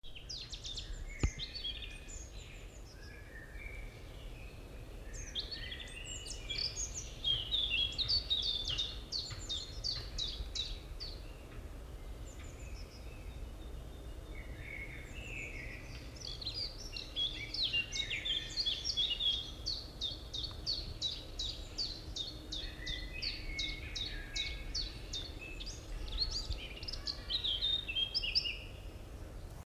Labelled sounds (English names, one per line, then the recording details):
European Robin song
Common Chiffchaff
Common Blackbird
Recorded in the wild
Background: Phylloscopus collybita, Turdus merula
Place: Summt, am Buchenberg, Brandenburg, DE
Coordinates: 52.695, 13.3594
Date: 1975-05-10
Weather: partly cloudy, 20°C
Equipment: Uher CR 210, Sennheiser MD 421, Verstärker, Kopie Uher 4200
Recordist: Tembrock, Günter
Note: Gesang